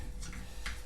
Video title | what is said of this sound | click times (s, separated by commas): Twenty Dollar Deformation Era Leader Machine Hero (aka MPP10 Animated Version Optimus Prime) | it's pretty snug so you might have to give it a little bit of a push hear that nice little snap and | 0.7 s